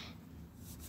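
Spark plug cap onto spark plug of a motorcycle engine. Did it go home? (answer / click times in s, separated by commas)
no / none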